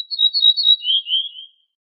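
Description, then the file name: Ortolan bunting song: a row of sweet high notes followed by two lower, drawn-out notes closing the phrase, nothing else audible. "suara kicauan ortolan"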